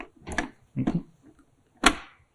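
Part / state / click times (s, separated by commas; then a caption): toilet seat onto its mounting bracket / seated / 1.9 s. A smart toilet seat is slid gently onto its mounting bracket and pulled to check that it holds, with a few soft knocks and scrapes near 0.4 s and 1.0 s. A sharp, loud click at 1.9 s marks the seat seating on the bracket, so it is installed, though the installation is only halfway done.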